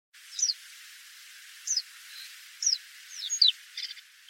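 Bird chirping, several short, sharp, high notes that drop quickly in pitch, spaced about a second apart, then a brief softer flutter at the end.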